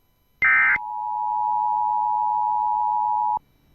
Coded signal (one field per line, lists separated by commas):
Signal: Emergency Alert System (SAME) tones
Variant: 853 and 960 Hz attention tone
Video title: (!EAS 300!) Tests & Weather Alerts from 9/15/2021 (EAS 282-302